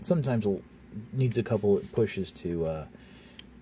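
Someone talks while pushing a plastic toy figure's head back into its housing in the body, which on this copy sometimes takes a couple of pushes to lock in. A sharp mechanical tick is heard at 3.4 s as the head locks into place.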